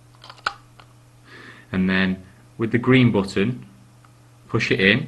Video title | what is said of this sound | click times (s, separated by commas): Medtronic VEO Real-Time Enlite Set up | turn the search upside down push the center part in till you hear it click with your fingers | 0.5 s